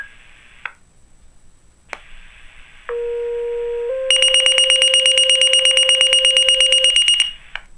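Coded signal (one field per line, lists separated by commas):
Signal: pager alert tone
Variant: Motorola Minitor III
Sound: a low steady tone, then a rapid pulsing high-pitched alert beeping for about three seconds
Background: room noise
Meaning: The pager was activated by its test tones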